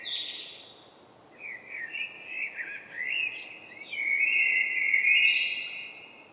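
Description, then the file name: Common blackbird singing a long, fluting warble that wavers and rises into bright high squeaks near its end. "Turdus merula"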